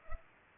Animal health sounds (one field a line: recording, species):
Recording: mosquito wingbeat signal from an infrared sensor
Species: Culex pipiens